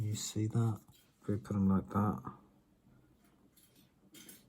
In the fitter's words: so you've got that bad luck it won't click into that carriage